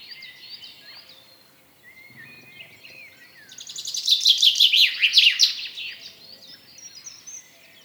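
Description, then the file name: Common chaffinch song: a loud, fast series of bright notes, preceded by faint thin whistles. "Fringilla coelebs"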